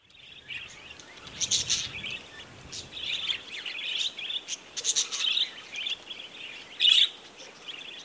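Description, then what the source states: Budgerigars warbling and chirping together, buzzy rolling notes in bursts with a sharp loud chirp near the end. Budgerigars near Gosses Bluff, Northern Territory.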